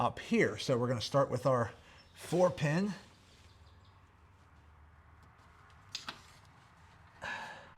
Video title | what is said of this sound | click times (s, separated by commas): Boost Auto M2 Lumastep Install & Review For A 2021 Ram 1500 | Give it a little tug to make sure it's clicked in place. And it seems to be pretty tight. | 5.9 s